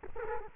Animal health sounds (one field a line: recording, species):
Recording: mosquito wingbeat signal from an infrared sensor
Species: Culex quinquefasciatus